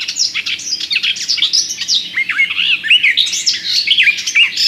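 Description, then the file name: Garden warbler song, a rapid unbroken warble of bright chattering and slurred notes, rising and falling without pause across the whole stretch. "Gajówka"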